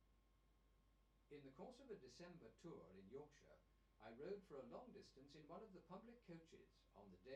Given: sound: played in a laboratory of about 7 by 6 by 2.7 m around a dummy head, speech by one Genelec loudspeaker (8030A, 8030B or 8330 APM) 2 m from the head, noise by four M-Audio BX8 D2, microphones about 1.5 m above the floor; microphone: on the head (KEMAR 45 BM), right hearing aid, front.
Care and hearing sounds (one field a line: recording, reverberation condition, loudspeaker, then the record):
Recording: male speech in English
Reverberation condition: low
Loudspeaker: 120 degrees to the left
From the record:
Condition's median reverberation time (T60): about 310 ms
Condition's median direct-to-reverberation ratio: about 3.5 dB